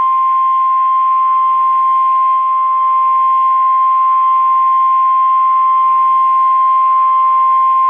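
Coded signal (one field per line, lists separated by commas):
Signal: Emergency Alert System (SAME) tones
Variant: 1050 Hz attention tone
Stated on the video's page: NOAA weather radio snow squall warning from station KIG65 Green Bay.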